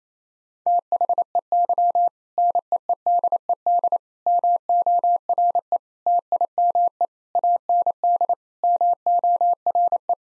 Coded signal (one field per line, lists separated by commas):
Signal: Morse code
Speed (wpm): 28 wpm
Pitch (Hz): 700 Hz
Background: none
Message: THEY NEEDED MORE TIME AND MORE